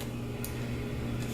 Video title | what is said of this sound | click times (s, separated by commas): How to exchange a cracked screen on a toshiba. | it snaps into place. | 0.4 s